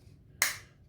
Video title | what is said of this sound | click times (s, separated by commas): MSR Alpine Delux Cooking Kit Review | and that clicks into place measuring spoon so it's got measurements 15 mil | 0.4 s